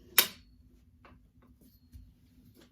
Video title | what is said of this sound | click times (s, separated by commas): Office “Unboxing” / Updates! - System developments - our life with DID | oh pleasant these nicely click into | 0.2 s